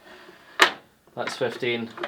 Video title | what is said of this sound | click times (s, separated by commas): These 5 Woodworking Tools Will Blow Your Mind | and I it does click into place as well. So | 0.6 s